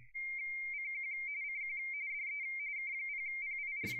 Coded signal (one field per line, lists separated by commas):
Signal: RTTY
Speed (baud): 45.45 baud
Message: CQ CQ DE K0PIR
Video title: What You Need to Know about DM780 RTTY FSK and the Icom 7610 7300